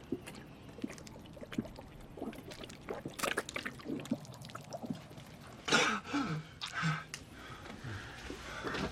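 Water is poured for a man to drink and sloshes in short uneven bursts, with small clicks and splashes, then a louder gush and gulping slurps toward the end.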